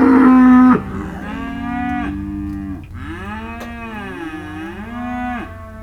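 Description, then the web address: Cattle: cows mooing: a loud flat moo opens, then long wavering bellows with rich harmonics, one rising and falling. Cows and calves, described as disconsolate, recorded in December. "dec 19 disconsolate cows and calves"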